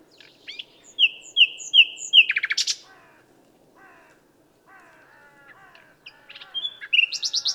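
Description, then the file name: Common nightingale singing three clear drawn-out whistles and a buzzy burst, then quieter lower warbled phrases, and finally another loud rapid burst. "Luscinia megarhynchos"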